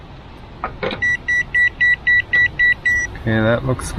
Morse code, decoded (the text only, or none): none